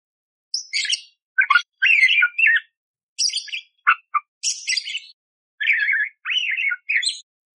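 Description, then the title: Budgerigar warbling: scratchy chirps mixed with clicks and slurred, wavering notes in quick phrases separated by short gaps. Loud, clear chirping (gacor jernih) with rough 'tembakan' fill phrases, used as masteran to train magpie robins (kacer). "Masteran Burung Parkit Gacor Jernih Full Isian Tembakan Kasar Cocok Buat Kacer"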